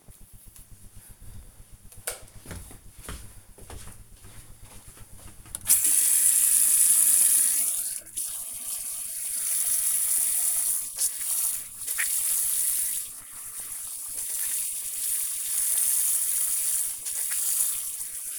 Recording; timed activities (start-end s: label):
household activities, microphone on the right wrist
6.13-18.39 s: washing hands